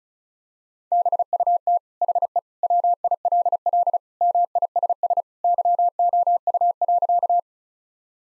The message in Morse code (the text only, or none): BUT HE WILL MISS YOU.